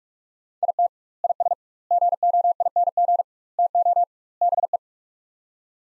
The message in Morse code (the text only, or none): IT IS GOING TO BE